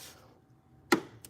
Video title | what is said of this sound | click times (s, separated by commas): Rss mounts continued | hear that that click positive click all right and then you got this | 0.9 s